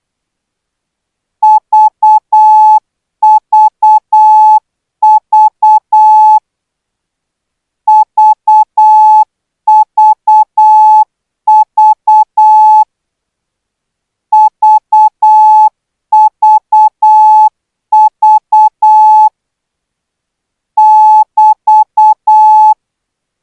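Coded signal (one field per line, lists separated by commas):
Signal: Morse code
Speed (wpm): 8 wpm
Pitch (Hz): 860 Hz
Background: none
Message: VVV VVV VVV <BT>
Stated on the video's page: Thai radio signal training Morse at 12 words per minute.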